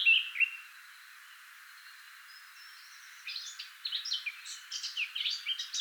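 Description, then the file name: Eurasian blackcap song: a couple of opening notes, a quiet gap with a thin faint tone, then a quick run of bright varied warbled notes. "Sylvia atricapilla"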